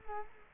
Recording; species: mosquito wingbeat signal from an infrared sensor; Culex quinquefasciatus